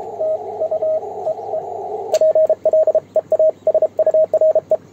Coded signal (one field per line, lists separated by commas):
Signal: Morse code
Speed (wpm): 32 wpm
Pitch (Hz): 630 Hz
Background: radio noise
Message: TU EE PLEASURE